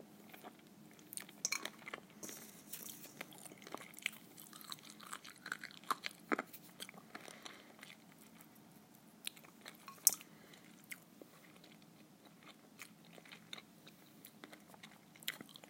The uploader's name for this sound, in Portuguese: mastigação/ eating